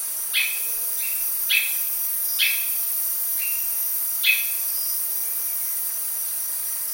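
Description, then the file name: Bird calling with brief swept-then-steady whistled notes at an irregular pace against a continuous shrill background drone. "SABIOD 50 bird 2015"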